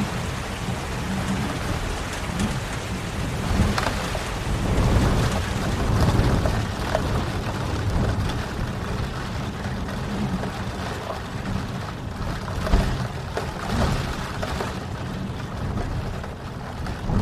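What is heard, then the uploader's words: Rain falls steadily, a dense, even hiss spread from low rumble to bright patter. Low rolling rumbles swell around four to seven seconds and again near thirteen to fifteen, like far thunder, while brief sharper drips and taps break through now and then. Serene Rain Sounds.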